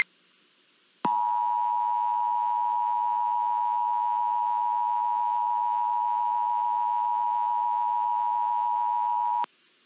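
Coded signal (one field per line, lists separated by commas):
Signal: Emergency Alert System (SAME) tones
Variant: 853 and 960 Hz attention tone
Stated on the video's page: Simulated EAS scenario alert for a La Palma tsunami affecting the North Atlantic; loud.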